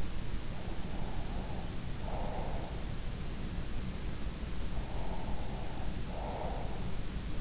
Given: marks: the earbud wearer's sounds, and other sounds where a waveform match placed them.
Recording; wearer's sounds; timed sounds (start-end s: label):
sounds in sleep by an in-ear microphone; breath
0.83-2.68 s: breath
4.73-6.94 s: breath